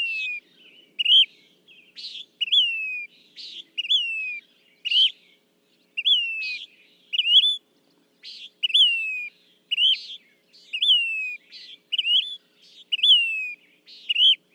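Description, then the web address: Say's phoebe repeating falling whistled notes mixed with harsh burry bursts, nearly one phrase per second, with brief silent gaps. "birdsongforthecurious Say's Phoebe"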